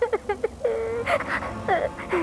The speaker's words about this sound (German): Wir hören gerade das Weinen des Jungen, während er das Schloss erkundet, wo er trainiert werden soll, um den Tod seiner Eltern zu rächen.